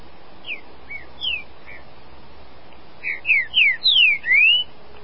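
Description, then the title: Green-winged saltator song: after a few soft introductory notes, a loud phrase of five slurred whistles, falling then rising, over steady background hiss. "Trinca Ferro"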